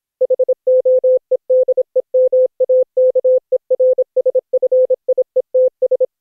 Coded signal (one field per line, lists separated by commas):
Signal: Morse code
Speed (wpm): 26 wpm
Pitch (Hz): 510 Hz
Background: none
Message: HOEDEMAKERSFIETS